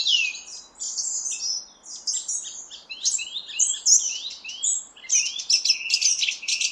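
Song thrush pouring out varied chattering and whistled phrases, ending in a run of sharp repeated notes.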